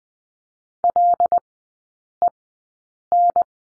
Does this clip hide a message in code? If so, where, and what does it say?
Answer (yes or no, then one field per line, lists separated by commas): yes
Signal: Morse code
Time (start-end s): 0.8-3.4 s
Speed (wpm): 20 wpm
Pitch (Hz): 700 Hz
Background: none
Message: LEN